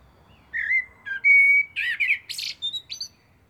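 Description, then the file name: Common blackbird phrase beginning with clear fluted whistles and ending in a burst of harsh, high squeaky twittering. "Turdus merula"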